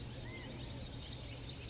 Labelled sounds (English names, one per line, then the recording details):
California Towhee
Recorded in Sonoma County, California